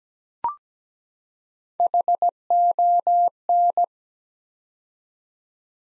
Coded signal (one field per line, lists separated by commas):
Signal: Morse code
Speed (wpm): 17 wpm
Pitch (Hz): 700 Hz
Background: none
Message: HON